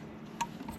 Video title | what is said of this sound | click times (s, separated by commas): Oase Pre Filter Cleaning how to, and Price | And then you're going to hear it click. | 0.4 s